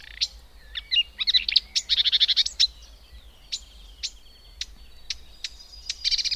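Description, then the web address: Marsh warbler song: a burst of quick twittering and buzzy phrases, then spaced sharp clicks and a thin high whistle, ending in another scratchy flurry. "agykontroll Madardalok Cd 2. Énekes nádiposzáta"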